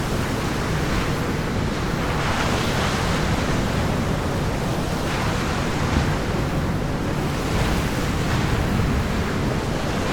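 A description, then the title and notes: Stormy beach waves roar in a dense, steady wash, with deep rumbling surf and wind, and faint surges swelling every few seconds. Beach waves sound (stormy). Beach waves sound effect + stormy weather/wind.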